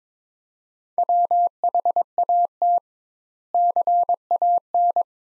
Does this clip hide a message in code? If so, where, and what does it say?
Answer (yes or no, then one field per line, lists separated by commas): yes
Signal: Morse code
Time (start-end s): 1.0-5.0 s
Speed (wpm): 22 wpm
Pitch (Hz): 700 Hz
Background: none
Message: WHAT CAN